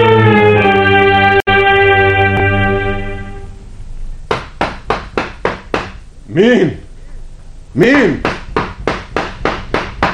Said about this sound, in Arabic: مين اللي بيخبط على الباب؟ افتح يا ابو برعي.